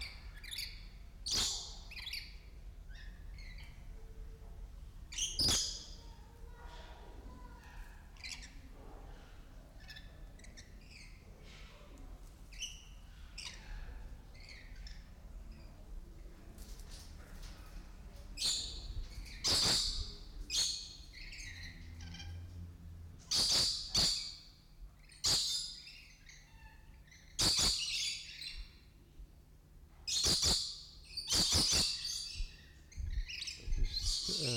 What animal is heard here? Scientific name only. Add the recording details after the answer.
Trichoglossus haematodus. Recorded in captivity. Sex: group. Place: Zoo Berlin, Berlin, DE. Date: 1995-02-04 11:36. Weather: bedeckt, 4°C, Wind. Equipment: Marantz CP 430, Sennheiser ME 80, Kopie Uher Variocord 263. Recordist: Tembrock, Günter